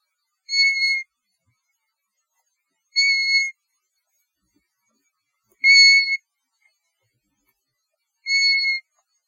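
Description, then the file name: European golden plover calling with a mournful, even whistle, four single notes repeated roughly every two and a half seconds against a silent background. "Pluvialis apricaria - European Golden Plover"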